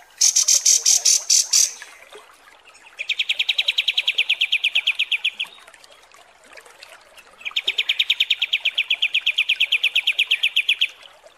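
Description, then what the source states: Pied Triller with two long rapid trills of dense repeated notes, each about three seconds, after an opening burst of very high buzzy pulses. Training song (masteran) for teaching songbirds.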